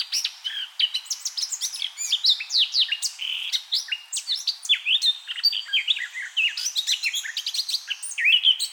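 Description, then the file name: Eurasian blackcap warbling steadily: quick, jumbled chirps and slurred whistled notes, sustained throughout. "Sylvia atricapilla"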